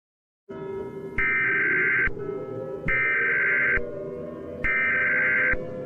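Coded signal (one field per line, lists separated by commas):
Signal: Emergency Alert System (SAME) tones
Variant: header bursts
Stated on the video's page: Fictional mock EAS scenario about Witherstorm attacks, a 4th of July special.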